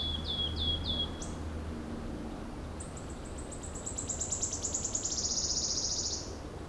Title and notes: Alléves, France - Pouillot siffleur. Le paysage sonore en sortant de la grotte de Banges , un pouillot siffleur en solo, grand corbeau, un peu de vent dans les feuillages et les bruits de la route des Bauges